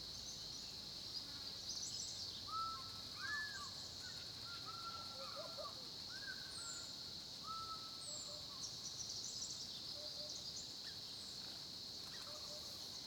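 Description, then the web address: Crickets droning continuously on one high pitch, with clear whistled calls and a few sharp descending notes over the chorus. Crickets recorded at 10:30 am by a small pond at Olifants, Kruger, South Africa. "Sonniss - GDC 2018-Game Audio Bundle Tonschliff - SOUTH AFRICAN CRICKETS BG South Africa Kruger Olifants 1030 am small pond"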